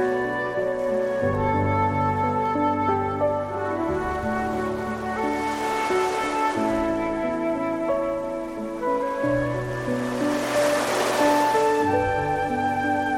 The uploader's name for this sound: Piano and flute with sounds of the sea